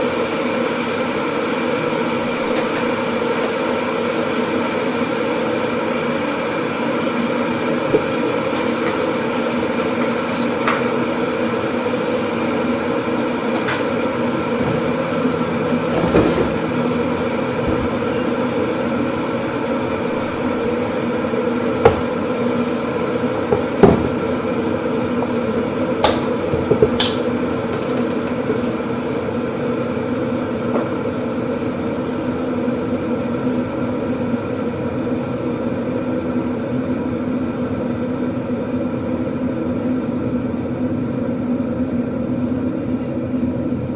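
A kitchen at nine in the morning, filled with a steady, even appliance hum carrying several held tones. Short clicks and light clinks break through now and then, around 8, 16, 22 and 24 to 27 seconds, without changing the constant drone.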